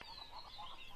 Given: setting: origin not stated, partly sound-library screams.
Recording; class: one-second piece from a danger detection set; normal situation